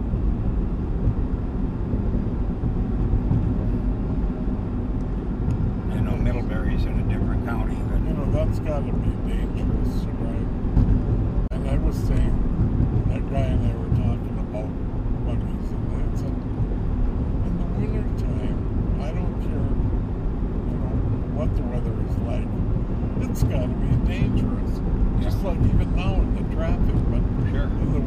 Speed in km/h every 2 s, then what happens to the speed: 78, 78, 78, 79, 79, 78, 77, 77, 77, 78, 80, 81, 81, 79.
0-28 steady at about 78.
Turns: none.